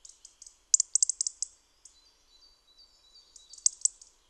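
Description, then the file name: European robin producing a run of bright, high chirps, then a quieter stretch of thin whistles, then a final burst of sharp notes. "Erithacus rubecula"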